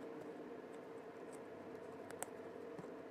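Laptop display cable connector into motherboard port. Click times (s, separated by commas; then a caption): 2.2 s. The display ribbon cable connector of an HP Notebook 15-da0072na is pushed by hand into its port on the motherboard during a display replacement, over a low steady background hiss. A faint tick at 2.1 s is followed by a sharp click at 2.2 s as the connector clips in and seats.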